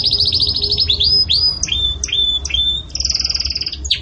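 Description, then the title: Belgian canary song: a fast high trill, several slurred whistles repeated about twice a second, then another rapid trill. Pure campainha song style with pauses, used for training. "Canto Canário Belga Campainha Puro Com Pausa Para Treinamento"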